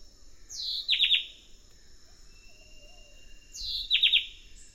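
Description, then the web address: White-breasted wood-wren song, two brief phrases of a downslurred whistle and a few rapid clear notes, spaced about three seconds apart, with a thin insect buzz behind. Eastern lowlands of South America. "Natures Songs S America Eastern Lowlands. White-breasted Wood-Wren"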